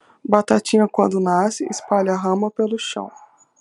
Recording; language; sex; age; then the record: short text; Brazilian Portuguese; female; 20 to 29 years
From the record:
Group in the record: control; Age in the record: 24 years